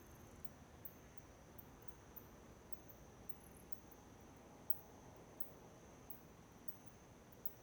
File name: Ambiencia quintal de cidade pequena a noite com aviao passando, morcego e grilo